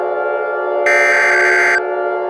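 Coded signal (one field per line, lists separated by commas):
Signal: Emergency Alert System (SAME) tones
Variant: header bursts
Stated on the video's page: Fictional, simulated alert scenario.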